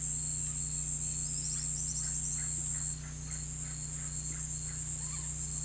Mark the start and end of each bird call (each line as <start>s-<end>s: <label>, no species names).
1.09s-5.43s: bird call